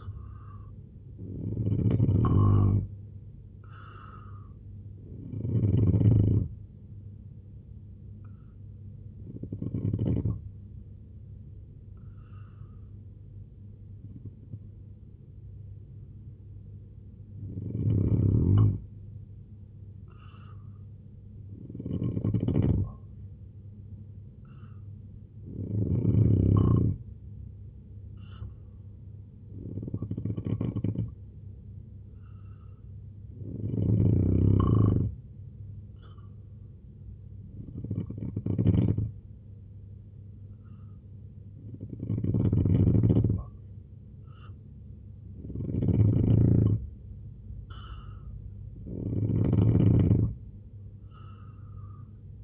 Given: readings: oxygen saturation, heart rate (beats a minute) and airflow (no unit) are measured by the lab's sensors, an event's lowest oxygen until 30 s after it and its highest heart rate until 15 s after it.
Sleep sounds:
breathing in sleep by a smartphone at the bedside; 1
13.00-40.70 s: hypopnea (N2, oxygen 93% highest, then 90% lowest, heart rate 67 at the start, 79 highest)
From the record:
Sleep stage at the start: N2 (light sleep); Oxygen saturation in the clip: 87 to 93%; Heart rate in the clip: 65 to 79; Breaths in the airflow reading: 11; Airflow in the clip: -3.9 to 5.9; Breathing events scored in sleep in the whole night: 258 in 7.4 hours asleep

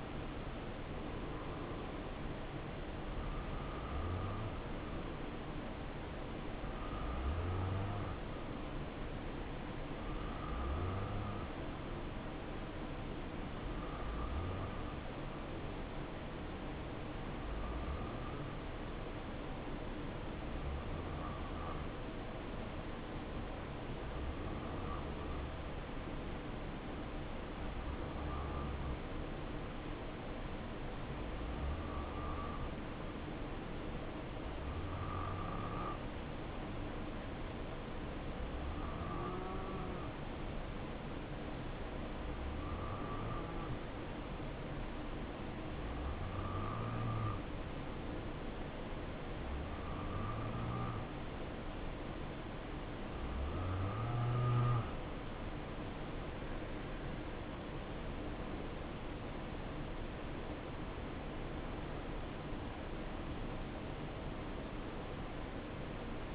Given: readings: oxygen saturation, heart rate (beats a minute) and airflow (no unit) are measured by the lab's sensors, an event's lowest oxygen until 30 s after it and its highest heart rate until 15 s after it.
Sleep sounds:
breathing in sleep by a voice recorder at the bedside; 1
14.00-58.10 s: hypopnea (N2, oxygen 93% highest, then 92% lowest, heart rate 69 at the start, 75 highest)
From the record:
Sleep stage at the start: N2 (light sleep); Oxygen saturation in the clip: 91 to 93%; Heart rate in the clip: 63 to 71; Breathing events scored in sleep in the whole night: 277 in 7.4 hours asleep

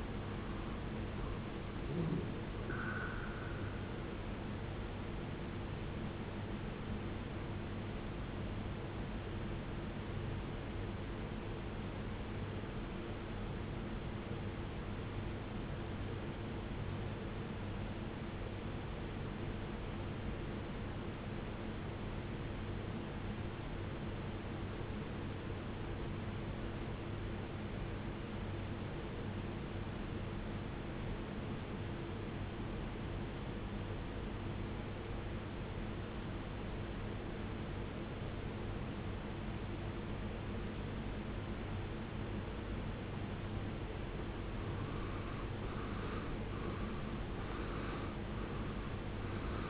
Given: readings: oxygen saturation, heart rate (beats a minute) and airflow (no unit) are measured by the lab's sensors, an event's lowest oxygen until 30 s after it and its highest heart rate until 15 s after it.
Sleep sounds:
breathing in sleep by a voice recorder at the bedside; 1
9.00-44.20 s: obstructive apnea (N1, oxygen 95% highest, then 79% lowest, heart rate 64 at the start, 75 highest)
From the record:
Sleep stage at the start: N1 (lightest sleep); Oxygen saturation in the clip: 83 to 95%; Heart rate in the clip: 60 to 76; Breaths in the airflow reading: 3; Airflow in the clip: -18.2 to 19.4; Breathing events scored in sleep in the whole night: 389 in 6.3 hours asleep

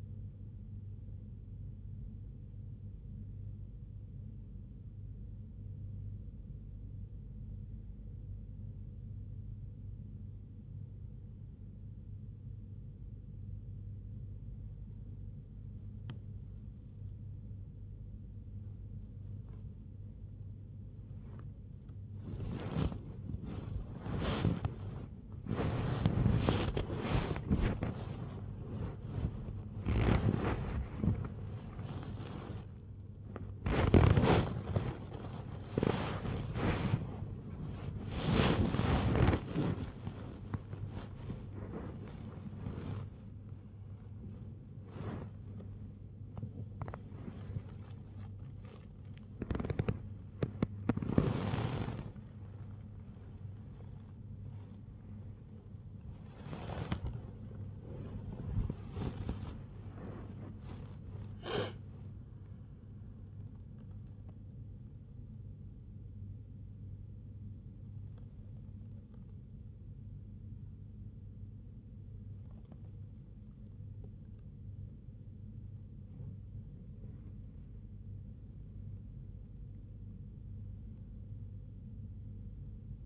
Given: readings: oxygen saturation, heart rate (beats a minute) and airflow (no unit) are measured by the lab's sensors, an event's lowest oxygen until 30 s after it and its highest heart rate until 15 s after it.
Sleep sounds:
breathing in sleep by a smartphone at the bedside; 2
10.00-24.50 s: hypopnea (REM, oxygen 97% highest, then 96% lowest, heart rate 62 at the start, 84 highest)
33.00-63.00 s: new sleep stage, awake
38.00-83.06 s: awake
46.00-66.30 s: hypopnea (scored as awake, oxygen 98% highest, then 95% lowest, heart rate 94 at the start, 94 highest)
63.00-83.06 s: new sleep stage, N1 (lightest sleep)
From the record:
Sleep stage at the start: REM sleep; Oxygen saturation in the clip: 95 to 98%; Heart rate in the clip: 54 to 94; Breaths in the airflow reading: 16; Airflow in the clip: -4.4 to 6.2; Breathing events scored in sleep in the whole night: 51 in 8.9 hours asleep

